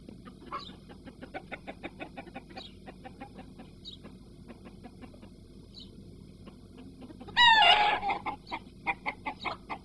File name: Chickens